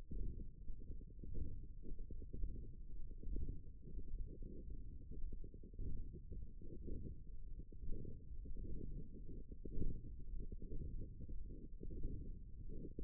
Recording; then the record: forearm muscle sounds (acoustic myography)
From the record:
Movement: radial deviation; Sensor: system 1, eight BSWA MPA416 microphones around the upper forearm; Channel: 7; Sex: female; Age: 22 years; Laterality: right